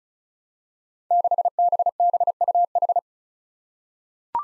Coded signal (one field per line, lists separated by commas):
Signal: Morse code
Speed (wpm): 36 wpm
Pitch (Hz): 700 Hz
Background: none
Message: 6BBUH